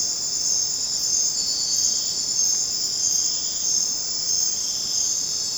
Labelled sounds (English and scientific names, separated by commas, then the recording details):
none
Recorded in dense forest near Puerto Asís, Putumayo, Colombia, on 23 June 2025 at 22:30
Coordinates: 0.484, -76.317
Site G045